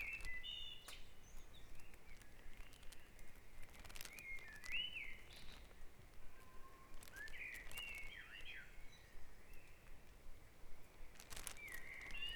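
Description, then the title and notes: Birds singing: several separate warbling phrases of looping, up-and-down notes, spaced a few seconds apart, with occasional clicks and a low background hum. Dawn chorus at Back Dragon Avenue, Harrogate. "Dawn Chorus // Back Dragon Avenue, Harrogate. Sound Map Of Harrogate"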